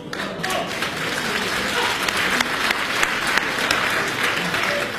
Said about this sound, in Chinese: 唱的真好，确实是好。 哎呦，我谢谢您的鼓掌欢迎。